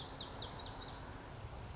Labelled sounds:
Lazuli Bunting (Passerina amoena)

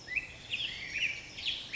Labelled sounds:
Black-headed Grosbeak (Pheucticus melanocephalus)

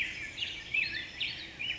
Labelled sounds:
Black-headed Grosbeak (Pheucticus melanocephalus)

